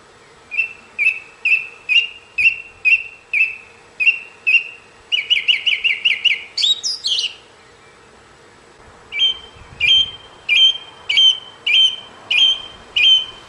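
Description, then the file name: Thrush song: one whistled note repeated many times at a steady pace, a quick run of faster notes, a pause, then another series of repeated whistles. "طائر السمنة"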